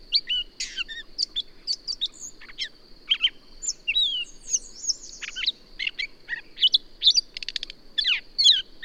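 Bird song of rapid, high chirps and slurred whistles, some sweeping down, tumbling in irregular bursts over a steady thin high whine.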